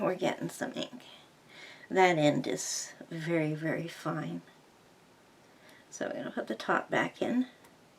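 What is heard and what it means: A refilled, used alcohol marker is handled as its nib or end piece is fitted back toward the plastic barrel, while someone talks. Nothing has seated or clicked yet by the end of the clip.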